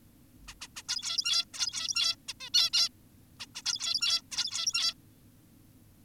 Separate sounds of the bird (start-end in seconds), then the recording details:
0.48-0.54, 0.61-0.68, 0.76-0.83, 0.88-1.45, 1.54-2.16, 2.28-2.34, 2.40-2.50, 2.54-2.70, 2.74-2.89, 3.40-3.46, 3.55-3.62, 3.66-4.22, 4.32-4.94. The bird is an adult. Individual g17y2U